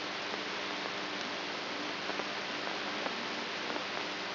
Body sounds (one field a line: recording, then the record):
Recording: brain microelectrode recording played as sound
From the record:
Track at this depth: outside the subthalamic nucleus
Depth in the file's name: 6.906 mm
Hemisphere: right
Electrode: 3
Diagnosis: Parkinson's disease